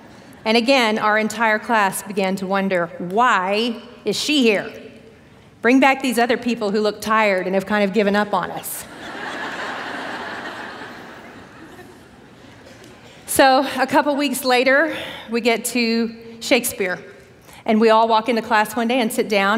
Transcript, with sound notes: And again, our entire class began to wonder, Why is she here? Bring back these other people who look tired and have kind of given up on us. (laughter) So a couple weeks later we get to Shakespeare, and we all walk into class one day and sit down.